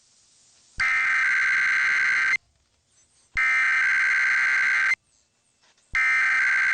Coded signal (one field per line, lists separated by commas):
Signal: Emergency Alert System (SAME) tones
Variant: header bursts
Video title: [EAS #2555-#2558] Sunday & Early Monday Tests [7/16/23 - 7/17/23]